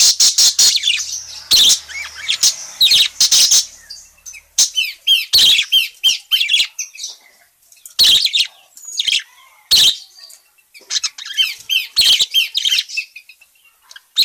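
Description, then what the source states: Parakeet chatter: a busy run of high chirps, scratchy notes and short whistles, with louder harsh bursts scattered throughout. Calling parakeet, described as gacor (in full, persistent voice).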